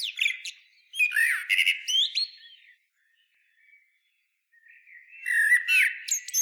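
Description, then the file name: Common blackbird singing two squeaky, twittering warbled phrases separated by a short quiet pause. "Turdus merula"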